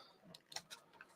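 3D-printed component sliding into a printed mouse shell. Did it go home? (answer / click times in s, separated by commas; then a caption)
yes / 0.6 s. A 3D-printed part of a DIY mouse, with its printed-in supports cleaned off, slides into its 3D-printed housing. A faint tick is heard at 0.6 s as it snaps into place, with softer ticks before and after. The part is seated.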